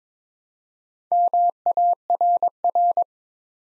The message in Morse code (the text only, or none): MARR